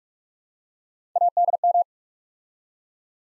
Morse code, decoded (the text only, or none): ADM